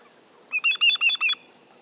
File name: greater yellowlegs